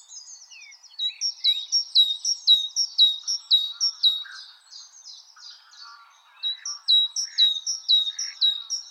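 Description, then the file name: Great tit song, a rapid series of ringing two-note phrases that pauses, then resumes, with soft chirps in between. "Parus major"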